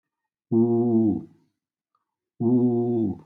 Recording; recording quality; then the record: sustained vowel as in boot; excellent, no background noise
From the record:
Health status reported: healthy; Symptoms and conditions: diabetes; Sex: male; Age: 57 years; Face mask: not worn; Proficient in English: yes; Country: India